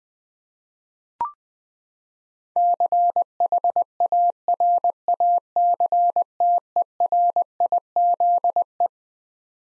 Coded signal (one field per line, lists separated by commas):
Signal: Morse code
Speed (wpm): 20 wpm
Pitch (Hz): 700 Hz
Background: none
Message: CHARACTERIZE